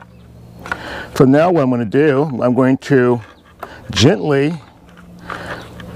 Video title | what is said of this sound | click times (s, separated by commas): RV Innovative Idea # 118 ~ JEEP JL 3rd Brake Light Ring Installation | you're going to go ahead and connect this right back in here it should snap right in like so you can see here | 0.7 s